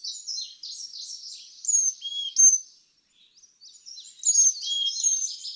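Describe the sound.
Carolina chickadee: clear high and low whistled notes among a dense mix of chips and twitters, with a short pause midway.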